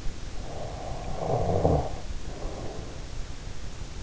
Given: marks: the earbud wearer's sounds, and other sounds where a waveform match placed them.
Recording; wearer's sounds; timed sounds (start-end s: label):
sounds in sleep by an in-ear microphone; snoring breath
0.35-3.59 s: snoring breath